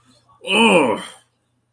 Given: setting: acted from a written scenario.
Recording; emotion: vocal sound without words; anger